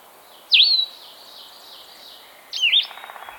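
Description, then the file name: Blue-headed vireo giving two short, sweet slurred phrases two seconds apart, the first dipping and rising, the second a brief down-up whistle, over faint steady background hiss. "Vireo solitarius - Blue-headed Vireo"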